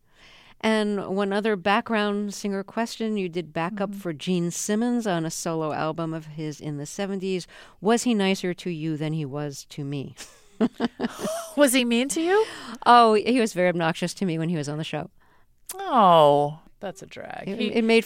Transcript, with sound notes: And one other background singer question. You did back up for Gene Simmons on a solo album of his in the '70s. Was he nicer to you than he was to me?
(LAUGHTER)
What he mean to you?
Oh, he was very obnoxious to me when he was on the show.
Oh. That's a drag.